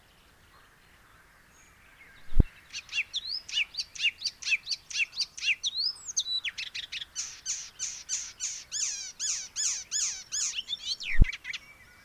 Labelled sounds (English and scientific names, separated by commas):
Icterine Warbler (Hippolais icterina) song